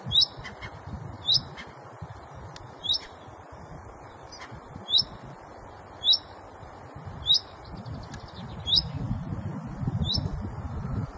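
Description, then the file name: Common chaffinch giving a run of crisp, high, slightly hooked call notes at irregular gaps of one to two seconds, with faint low noise beneath. Female. "Fringilla coelebs female"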